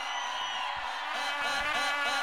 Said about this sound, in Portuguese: Torcida do Paysandu, peraí. Torcida do Paysandu, dá uma vaia na galera do Remo bem alto aí.